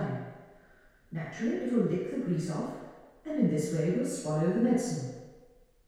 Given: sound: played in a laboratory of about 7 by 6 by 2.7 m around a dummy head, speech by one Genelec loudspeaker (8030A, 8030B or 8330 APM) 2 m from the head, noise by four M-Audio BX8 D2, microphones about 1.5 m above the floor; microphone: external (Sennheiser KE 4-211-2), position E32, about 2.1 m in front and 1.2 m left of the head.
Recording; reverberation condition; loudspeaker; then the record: female speech in English; high; 60 degrees to the right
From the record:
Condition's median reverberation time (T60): about 1300 ms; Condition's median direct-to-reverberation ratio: about -4.0 dB